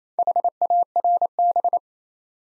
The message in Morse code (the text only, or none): HARB